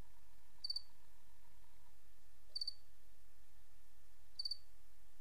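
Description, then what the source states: Cricket calling with brief three-pulse chirps spaced roughly two seconds apart, a faint tonal hum and steady hiss beneath. 28 August 2007; white-noise crickets.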